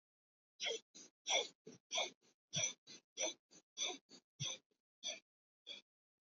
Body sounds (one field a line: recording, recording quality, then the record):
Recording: shallow breathing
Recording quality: moderate, slight background noise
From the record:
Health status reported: respiratory illness, not identified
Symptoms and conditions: chronic lung disease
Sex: male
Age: 26 years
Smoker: not ticked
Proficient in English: yes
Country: India